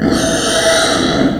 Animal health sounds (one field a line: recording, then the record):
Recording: squeal of a Yucatan mini pig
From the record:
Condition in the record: before surgery on the right vocal fold (resection and tissue-engineered implant)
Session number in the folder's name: 3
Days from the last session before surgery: 0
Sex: female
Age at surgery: 19 weeks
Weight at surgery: 25 kg